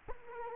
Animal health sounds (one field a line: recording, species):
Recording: mosquito wingbeat signal from an infrared sensor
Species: Culex quinquefasciatus